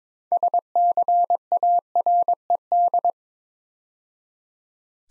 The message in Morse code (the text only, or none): SCARED